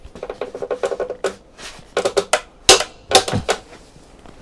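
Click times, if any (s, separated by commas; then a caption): 2.7 s. A torque wrench is used to check how tight an M14 bolt in a rusty support is after it was driven by an impact wrench. A run of quick light ticks is followed by several sharp metallic clicks, and the wrench clicks at its setting almost immediately, at 2.7 s. This shows the bolt had been tightened to about 260 Nm.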